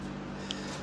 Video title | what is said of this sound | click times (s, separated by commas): How to properly set up your body armor’s plate carrier for max comfort and protection. | It's going to unclip and automatically like click back. | 0.5 s